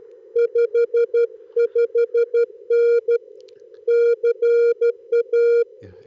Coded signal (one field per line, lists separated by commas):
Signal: Morse code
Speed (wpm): 13 wpm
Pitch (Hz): 440 Hz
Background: none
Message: 55N CA